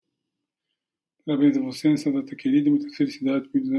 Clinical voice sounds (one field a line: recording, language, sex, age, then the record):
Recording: short text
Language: Brazilian Portuguese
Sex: male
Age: 40 to 49 years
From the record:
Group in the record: control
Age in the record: 48 years